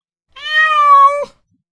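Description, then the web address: Cat giving a single drawn-out meow, steady and slightly falling, ending abruptly, with silence before and after. "Ya Thar Th Sha Rma 999 sound effects. Cat meowing"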